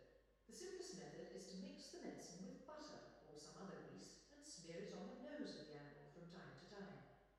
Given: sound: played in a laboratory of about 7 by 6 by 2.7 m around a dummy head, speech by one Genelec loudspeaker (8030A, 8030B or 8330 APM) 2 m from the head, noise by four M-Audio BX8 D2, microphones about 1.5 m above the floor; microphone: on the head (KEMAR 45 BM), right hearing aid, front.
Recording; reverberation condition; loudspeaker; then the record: female speech in English; high; 120 degrees to the left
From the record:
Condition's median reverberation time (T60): about 1300 ms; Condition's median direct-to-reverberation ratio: about -4.0 dB